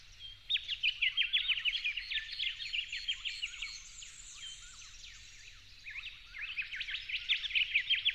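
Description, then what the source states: Yellow-faced honeyeater singing in lively bursts of rapid, sharp chirps, quieter in the middle before a fresh burst. At dawn, 08/01/12.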